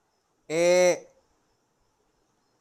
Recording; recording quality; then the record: sustained vowel as in made; excellent, no background noise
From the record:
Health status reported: respiratory illness, not identified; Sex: male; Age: 21 years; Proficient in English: yes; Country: India